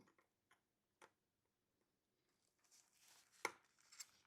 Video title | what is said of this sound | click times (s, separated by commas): Asus ROG FX753VD - Charnières cassées : Changement du capot d'écran | voyez, on entend le on entend le clic. | 3.4 s